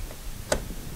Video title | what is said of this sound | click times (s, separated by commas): How To Check The Oil / Antifreeze / Washer & Brake Fluid | so make sure to put a cap back on turn it until it locks in place just like | 0.5 s